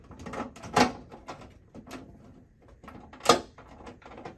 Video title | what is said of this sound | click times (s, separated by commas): How To Remove Light Lens Cover Broan/Nutone Bathroom Exhaust Fan Vent Grille To Clean / Replace Bulb | And there we go. It's locked into place. It shouldn't come out. | 3.3 s